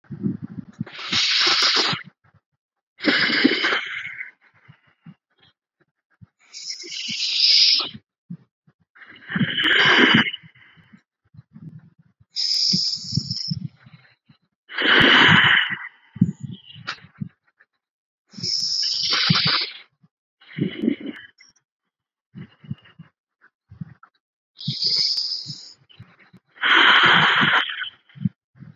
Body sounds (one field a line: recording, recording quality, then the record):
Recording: deep breathing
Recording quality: excellent, no background noise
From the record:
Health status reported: healthy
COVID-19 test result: not tested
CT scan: not taken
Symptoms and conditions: none ticked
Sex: female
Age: 30 years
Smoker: no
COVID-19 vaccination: both doses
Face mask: not worn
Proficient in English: yes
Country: India